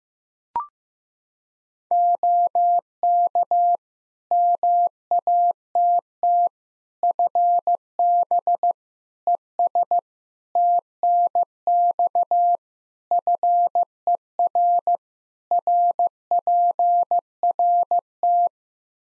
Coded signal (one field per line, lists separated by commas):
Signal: Morse code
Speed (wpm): 15 wpm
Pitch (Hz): 700 Hz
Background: none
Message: OK MATT FB ES TNX FER RPRT